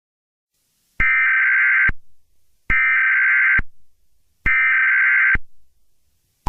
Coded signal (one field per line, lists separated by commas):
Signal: Emergency Alert System (SAME) tones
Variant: header bursts